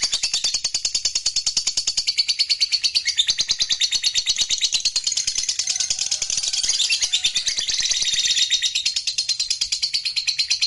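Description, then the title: Lovebird song, a long unbroken run of rapid high chattering notes pulsing about three times a second. Lovebird sound used to stimulate a lazy lovebird that is not singing to start singing spontaneously. "LOVEBIRD Malas Bunyi"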